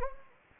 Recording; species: mosquito wingbeat signal from an infrared sensor; Anopheles gambiae